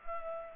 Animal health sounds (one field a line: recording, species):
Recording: mosquito wingbeat signal from an infrared sensor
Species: Culex pipiens